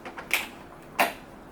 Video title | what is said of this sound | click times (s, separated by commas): Hoover Smartwash Pet Attachment Cleaning | now you heard that click | 0.3 s